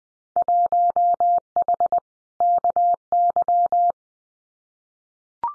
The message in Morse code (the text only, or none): 1H KY